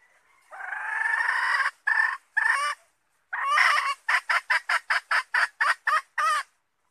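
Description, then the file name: Red junglefowl calling in two bouts, each a long rasping note and short follow-ups, the second bout running into a quick sequence of clipped clucks. Female red junglefowl calling to find a mate. "tieng ga rung mai keu tim kiem ban tinh"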